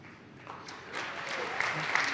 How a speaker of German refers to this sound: Der Applaus der anwesenden Entwickler war hörbar verhalten